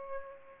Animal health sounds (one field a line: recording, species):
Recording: mosquito wingbeat signal from an infrared sensor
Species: Aedes aegypti